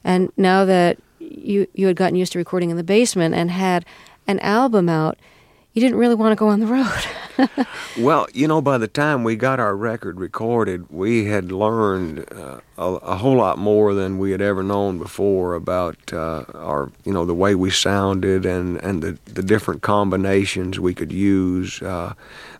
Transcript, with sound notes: and now that you had gotten used to recording in the basement and had an album out, you didn't really want to go on the road.
(SOUNDBITE OF LAUGHTER)
Well, you know, by the time we got our record recorded, we had learned a whole lot more than we had ever known before about our, you know, the way we sounded and the different combinations we could use